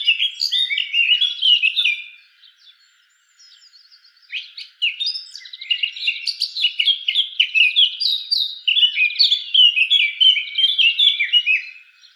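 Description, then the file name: Eurasian blackcap song: long rapid warbling phrases of varied chirps and whistles, a short pause near three seconds, then another extended tumbling warble; no other sounds. "Sylvia atricapilla"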